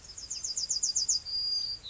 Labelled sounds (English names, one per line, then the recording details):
Yellowhammer song
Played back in grassland
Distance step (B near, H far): D
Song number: 116